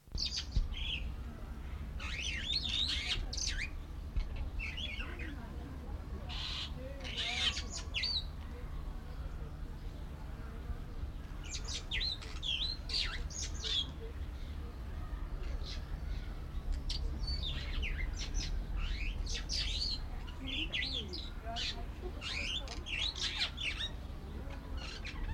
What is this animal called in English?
Superb Starling